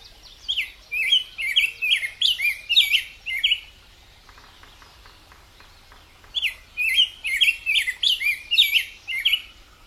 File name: canto do bico grosso de peito rosa